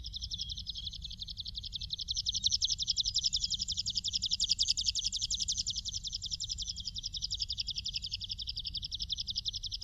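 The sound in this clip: Long-tailed widowbird giving a continuous high, buzzy, rapidly pulsed sizzle that holds steady for about ten seconds, with faint low background noise.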